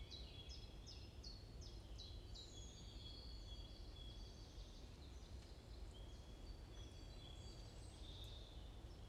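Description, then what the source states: Bird chirping, quick series of short high chirps early on, then scattered higher notes and a sustained thin tone, over constant low rumble. Morning birds chirping around a forest at Bosvoorde, Watermaal-Bosvoorde, Brussels-Capital, Belgium; recorded with an AMBE VR mic.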